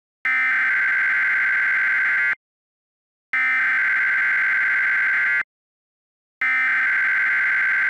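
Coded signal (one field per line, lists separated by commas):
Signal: Emergency Alert System (SAME) tones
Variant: header bursts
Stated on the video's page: Simulated EAS alerts with station relaying, made from an EASyPLUS template.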